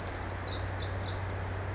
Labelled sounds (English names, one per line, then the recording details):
Pacific Wren
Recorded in Sonoma County, California